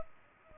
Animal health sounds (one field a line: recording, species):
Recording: mosquito wingbeat signal from an infrared sensor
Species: Culex pipiens